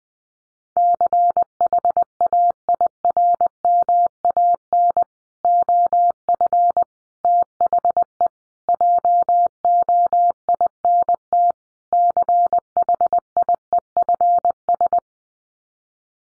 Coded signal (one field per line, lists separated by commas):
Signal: Morse code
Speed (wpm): 20 wpm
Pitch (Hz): 700 Hz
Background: none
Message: CHAIRMAN OF THE JOINT CHIEFS